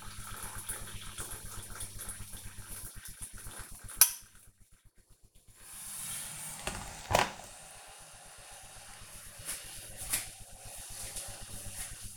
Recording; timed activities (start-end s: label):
household activities, microphone on the right wrist
0.00-6.93 s: making tea